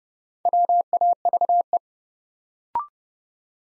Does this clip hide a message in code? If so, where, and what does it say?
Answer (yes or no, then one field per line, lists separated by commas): yes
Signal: Morse code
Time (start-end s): 0.5-1.8 s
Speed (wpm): 30 wpm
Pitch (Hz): 700 Hz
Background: none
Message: WAVE